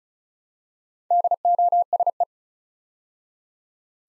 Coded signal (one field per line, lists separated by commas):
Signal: Morse code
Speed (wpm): 36 wpm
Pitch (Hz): 700 Hz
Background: none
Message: DOSE